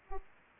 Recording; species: mosquito wingbeat signal from an infrared sensor; Aedes aegypti